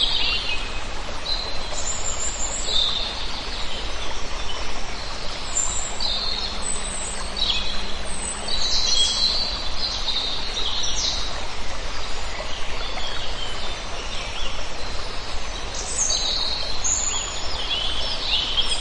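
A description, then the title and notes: A small forest river runs steadily, a dense, even hiss of water that never changes over the whole stretch. Birds call throughout, high chirps and short trills scattered every second or two, with a faint low hum around the middle. Forest With Small River & Birds. Calm River Sounds.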